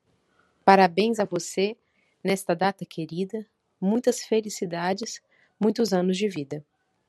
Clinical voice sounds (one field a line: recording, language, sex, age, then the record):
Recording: short text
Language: Brazilian Portuguese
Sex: female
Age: 40 to 49 years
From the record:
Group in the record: control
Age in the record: 42 years